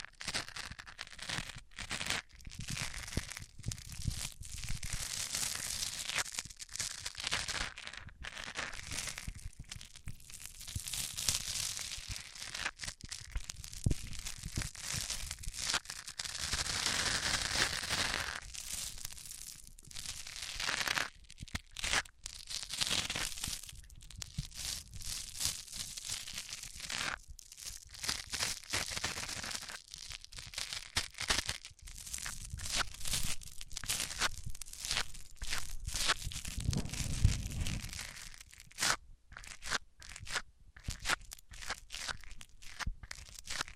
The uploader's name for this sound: Rubbing Mics On Different Surfaces